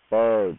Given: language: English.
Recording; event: throat vibration sensor signal played as sound; speech